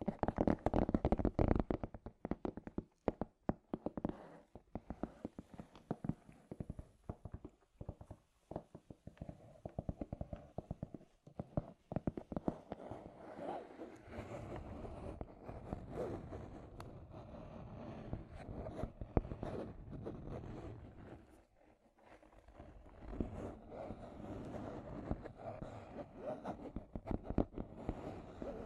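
Scratchy tapping in rapid, irregular bursts, dense and gritty, loudest in the first two seconds, with a brief lull near twenty-one seconds.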